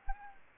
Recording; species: mosquito wingbeat signal from an infrared sensor; Anopheles gambiae